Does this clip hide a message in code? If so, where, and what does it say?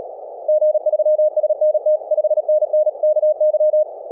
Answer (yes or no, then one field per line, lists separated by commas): yes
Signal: Morse code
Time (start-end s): 0.5-3.8 s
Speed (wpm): 37 wpm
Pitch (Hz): 620 Hz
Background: none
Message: G3SNT 5NN KY